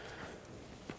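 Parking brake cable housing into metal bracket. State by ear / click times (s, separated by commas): seated / 0.9 s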